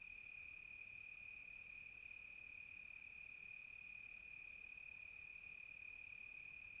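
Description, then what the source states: Crickets keep up a continuous high trill, with a fainter, higher insect tone coming and going in the background. Close crickets on a quiet tropical night.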